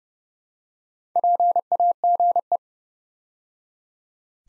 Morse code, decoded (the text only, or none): PAGE